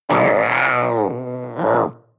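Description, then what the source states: Panther roar: a rough, grunting call that starts strong, sags in pitch and loudness, then swells into a shorter second burst before fading. Young animal roaring.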